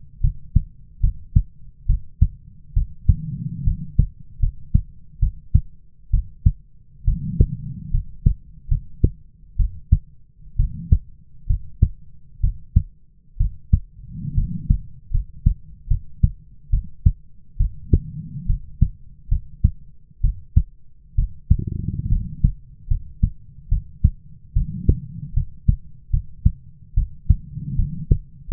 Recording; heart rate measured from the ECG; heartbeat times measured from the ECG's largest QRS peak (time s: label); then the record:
heart sounds by stethoscope; 70 bpm
0.21 s: heartbeat
1.01 s: heartbeat
1.87 s: heartbeat
2.74 s: heartbeat
3.64 s: heartbeat
4.40 s: heartbeat
5.20 s: heartbeat
6.11 s: heartbeat
7.05 s: heartbeat
7.91 s: heartbeat
8.68 s: heartbeat
9.57 s: heartbeat
10.56 s: heartbeat
11.47 s: heartbeat
12.41 s: heartbeat
13.37 s: heartbeat
14.34 s: heartbeat
15.11 s: heartbeat
15.88 s: heartbeat
16.70 s: heartbeat
17.57 s: heartbeat
18.46 s: heartbeat
19.29 s: heartbeat
20.21 s: heartbeat
21.15 s: heartbeat
22.09 s: heartbeat
22.88 s: heartbeat
23.69 s: heartbeat
24.53 s: heartbeat
25.34 s: heartbeat
26.11 s: heartbeat
26.94 s: heartbeat
27.76 s: heartbeat
28.49 s: heartbeat
From the record:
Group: healthy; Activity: rest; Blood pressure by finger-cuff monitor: 104/72 mmHg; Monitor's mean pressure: 82 mmHg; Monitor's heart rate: 70 bpm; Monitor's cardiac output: 5.7 L/min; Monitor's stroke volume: 81 mL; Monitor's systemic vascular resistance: 1040 dyn s/cm5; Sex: female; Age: 22 years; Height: 157 cm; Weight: 47.6 kg